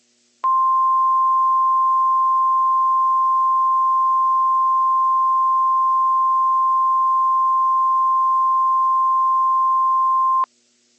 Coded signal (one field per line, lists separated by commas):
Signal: Emergency Alert System (SAME) tones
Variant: 1050 Hz attention tone